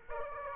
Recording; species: mosquito wingbeat signal from an infrared sensor; Aedes aegypti